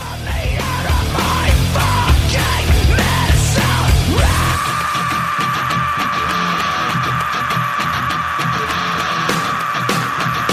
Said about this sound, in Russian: всю гамму этих неприятных чувств он хочет выразить в отчаянном крике, как это делает … в песне …